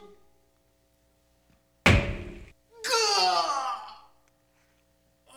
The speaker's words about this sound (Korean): 그래서 늑대는 뒤로 물러섰다가 벽을 향하여 힘차게 달려들었습니다.